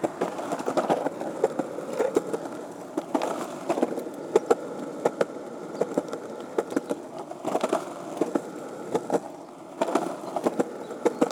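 Skateboard wheels roll in a steady, gritty rumble with a low-middle hum that swells and eases. Sharp clacks and knocks cut through every second or so, clustering near the middle and again around eight seconds, as the board rides over cracks.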